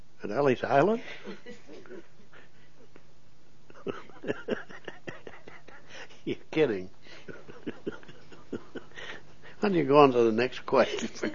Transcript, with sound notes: At Ellis Island? (laughs) You're kidding. (laughs) Why don't you go on to the next question.